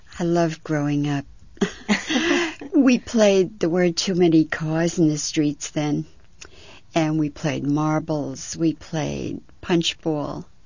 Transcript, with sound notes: I loved growing up. ( they laugh ) We played, there weren't too many cars in the streets then, and we played marbles, we played punch ball,